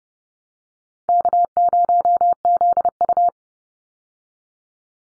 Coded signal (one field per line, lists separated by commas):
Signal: Morse code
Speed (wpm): 30 wpm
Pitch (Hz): 700 Hz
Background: none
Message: K0ZU